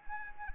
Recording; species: mosquito wingbeat signal from an infrared sensor; Anopheles arabiensis